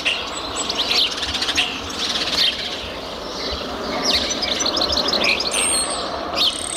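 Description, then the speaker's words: Spotless Starling song of rattling bursts, chatter and thin high whistles, repeated in short busy phrases throughout. "Saudações ambientais dos amigos do Caster e ouça o canto do estorninho preto."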